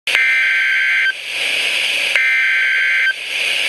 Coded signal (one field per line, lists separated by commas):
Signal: Emergency Alert System (SAME) tones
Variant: header bursts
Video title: Severe Thunderstorm Warning - 04/12/14 (EAS #619)